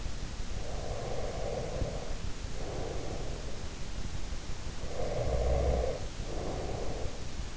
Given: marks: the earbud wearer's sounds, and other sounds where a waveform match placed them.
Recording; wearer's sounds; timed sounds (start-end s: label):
sounds in sleep by an in-ear microphone; breath
0.52-3.53 s: breath
4.70-7.57 s: breath